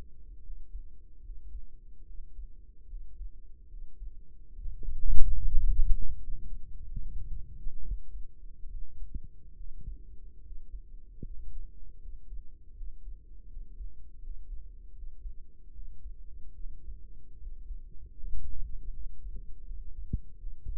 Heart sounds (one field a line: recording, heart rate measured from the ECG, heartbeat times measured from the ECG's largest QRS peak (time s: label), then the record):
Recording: heart sounds by microphone in the right ear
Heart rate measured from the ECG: 75 bpm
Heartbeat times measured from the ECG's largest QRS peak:
0.41 s: heartbeat
1.20 s: heartbeat
2.04 s: heartbeat
2.86 s: heartbeat
3.67 s: heartbeat
4.52 s: heartbeat
5.36 s: heartbeat
6.18 s: heartbeat
6.97 s: heartbeat
7.80 s: heartbeat
8.67 s: heartbeat
9.54 s: heartbeat
10.40 s: heartbeat
11.21 s: heartbeat
11.98 s: heartbeat
12.73 s: heartbeat
13.46 s: heartbeat
14.19 s: heartbeat
14.92 s: heartbeat
15.71 s: heartbeat
16.54 s: heartbeat
17.37 s: heartbeat
18.14 s: heartbeat
18.90 s: heartbeat
19.63 s: heartbeat
20.37 s: heartbeat
From the record:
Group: healthy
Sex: male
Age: 35 years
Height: 178 cm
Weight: 64 kg